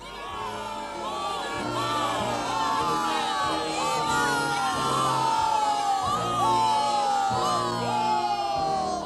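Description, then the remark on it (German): A large crowd in a spa park cheers and shouts continuously for a returning prince, with many overlapping voices rising and falling in excited whoops and calls, loud and sustained throughout. “Das Volk jubelte, die Kurkapelle spielte die Fürstenhymne, Blümchen und Konsorten waren überrascht.”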